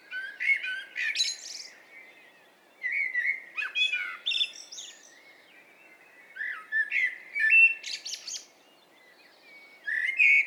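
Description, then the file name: Common blackbird delivering fluty warbles mixed with high chattering notes, several phrases separated by short gaps over soft background hiss. "Turdus merula"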